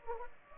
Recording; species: mosquito wingbeat signal from an infrared sensor; Culex pipiens